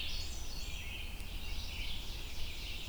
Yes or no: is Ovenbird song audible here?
yes